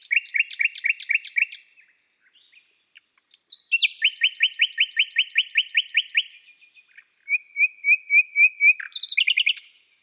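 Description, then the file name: Common nightingale song in phrases: rapid repeated chattering notes, a long rhythmic rattle of identical notes, then a row of clear piping notes and a final flourish. "Rossignol philomele Chants doiseaux des bois et des forets"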